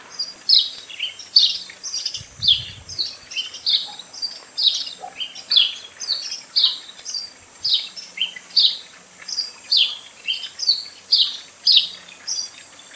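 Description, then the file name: House sparrow chirping steadily, many short bright notes in a continuous string, with a brief low rumble near the start. "Passer domesticus"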